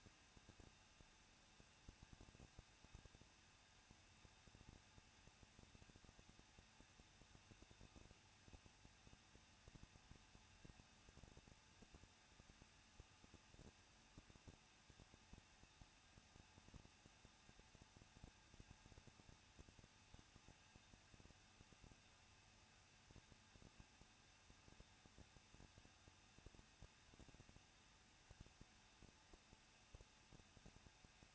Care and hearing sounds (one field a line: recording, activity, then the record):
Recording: daily activity, microphone in the room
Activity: no activity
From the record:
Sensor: 2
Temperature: 21.0 degrees Celsius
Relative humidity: 37.3%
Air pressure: 1006.2 hPa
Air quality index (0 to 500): 221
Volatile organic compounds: 23 ppm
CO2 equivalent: 2796 ppm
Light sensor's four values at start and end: 2/3/2/2 and 2/3/2/2